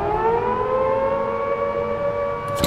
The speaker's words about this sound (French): Le lendemain, à la première heure, les gardiens trouvent 3 cellules vides. C'est la panique. On sonne l'alarme.